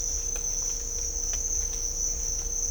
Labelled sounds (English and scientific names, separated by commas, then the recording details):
none
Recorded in dense forest near Puerto Asís, Putumayo, Colombia, on 18 December 2024 at 06:30
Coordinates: 0.500, -76.322
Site G053